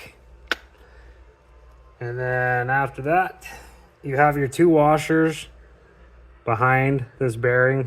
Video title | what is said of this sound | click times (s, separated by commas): RC Car Motor Repair Secrets That Nobody Tells You | should There we go. You want to hear that click. | 0.5 s